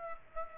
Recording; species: mosquito wingbeat signal from an infrared sensor; Aedes aegypti